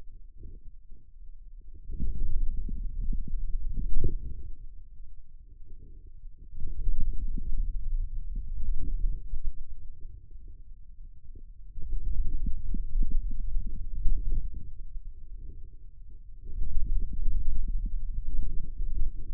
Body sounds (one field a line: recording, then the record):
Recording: forearm muscle sounds (acoustic myography)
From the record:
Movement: hand opening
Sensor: system 2, bracelet of six BSWA MPA416 microphones around the upper forearm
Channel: 6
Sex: male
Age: 22 years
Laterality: right